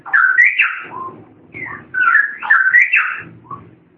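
Long-tailed shrike song: loud whistled and slurred phrases in two main bursts.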